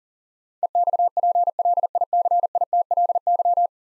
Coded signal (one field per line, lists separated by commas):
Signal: Morse code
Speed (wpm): 40 wpm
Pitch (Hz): 700 Hz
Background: none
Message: EXPLICITLY